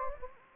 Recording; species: mosquito wingbeat signal from an infrared sensor; Anopheles gambiae